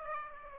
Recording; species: mosquito wingbeat signal from an infrared sensor; Aedes aegypti